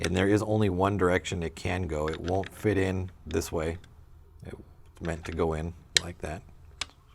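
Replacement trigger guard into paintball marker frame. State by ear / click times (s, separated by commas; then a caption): seated / 6.8 s. Someone talks while pushing the new trigger guard from a BT TM-15 double trigger kit into the lower frame of a paintball marker, the only direction it fits. A single sharp snap at 6.8 seconds marks the trigger guard locking into place, seated securely.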